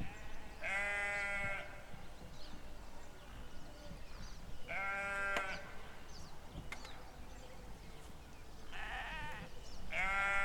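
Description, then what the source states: Sheep bleats: several drawn-out quavering baas coming every few seconds, over a constant low outdoor rumble with occasional sharp ticks. In open land.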